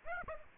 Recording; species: mosquito wingbeat signal from an infrared sensor; Aedes aegypti